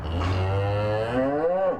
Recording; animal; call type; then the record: contact call of a hoofed animal; cattle; low-frequency (closed-mouth) or high-frequency (open-mouth) call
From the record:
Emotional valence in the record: negative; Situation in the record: full separation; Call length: 1.80 s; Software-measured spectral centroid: 1200 Hz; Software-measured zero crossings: 1000 a second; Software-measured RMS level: -24 dBFS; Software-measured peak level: -13 dBFS